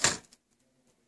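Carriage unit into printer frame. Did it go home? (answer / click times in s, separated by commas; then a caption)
yes / 0.0 s. A printer carriage unit is slid back into the printer frame and clicks locked into place at 0.0 s with a sharp, bright snap. A faint second tick follows at about 0.3 s, then near silence.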